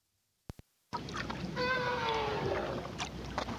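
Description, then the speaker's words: North Atlantic right whale giving a single drawn-out tonal scream that slides gently downward over a hiss of underwater noise, after two sharp clicks near the start. Scream call, made by females at the surface while active in a group. "So let's let's listen for the scream call made by females and the gunshot call made by males."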